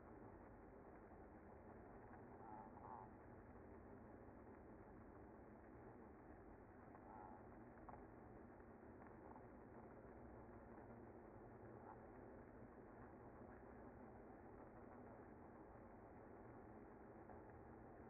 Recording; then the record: honeybee colony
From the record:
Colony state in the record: active